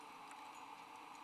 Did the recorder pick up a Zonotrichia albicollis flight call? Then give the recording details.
no. No flight call is heard. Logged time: 07:16 on 18 December 2014